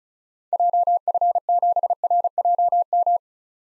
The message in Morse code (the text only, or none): JF7RJM